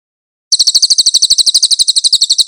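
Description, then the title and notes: Cililin song starting after half a second of silence, a rapid, evenly spaced trill of high, sharp chirping notes. Cililin song with clear audio, for training cage birds. "MASTER SUARA BURUNG CILILIN, AUDIO JERNIH. CICILIN"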